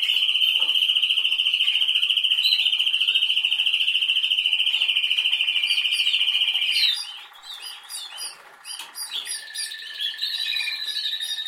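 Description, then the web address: Canary song opening with a loud, even rolling trill held for about seven seconds, then breaking into quicker varied notes and a lower trill. "Canari Seda Canari"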